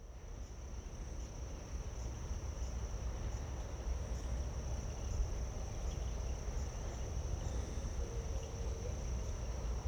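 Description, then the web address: Crickets singing, a steady unbroken high trill holding one pitch throughout, with a low rumbling background. Late summer. "Kerman Eckes WIB-Electa Quinney. Late Summer Crickets, Doves"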